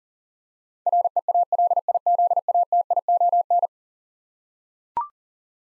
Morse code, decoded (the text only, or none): REALIZATION